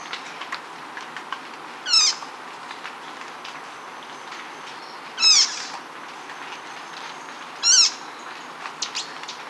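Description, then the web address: Slaty antwren song: three short bursts of rapid, zigzagging high notes, spaced about two and a half to three and a half seconds apart, over a faint background hiss. Recorded in Ecuador. "Birds of Ecuador. Slaty Antwren"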